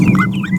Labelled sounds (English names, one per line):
Green-rumped Parrotlet babbling